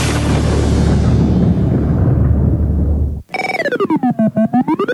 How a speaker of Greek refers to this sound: Καταιγίδα.